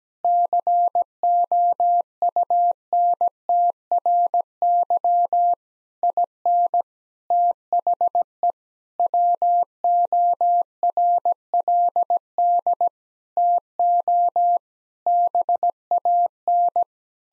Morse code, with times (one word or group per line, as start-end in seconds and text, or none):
0.2-5.5 COUNTRY
6.0-6.8 IN
7.3-8.5 THE
9.0-12.9 WORLD
13.4-14.6 TO
15.1-16.8 BAN